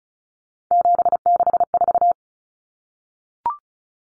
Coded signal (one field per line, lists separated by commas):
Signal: Morse code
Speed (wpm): 34 wpm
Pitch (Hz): 700 Hz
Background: none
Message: 764